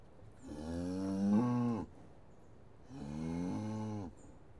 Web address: BBC Sound Effects Library - Livestock - Cows Mooing In Yard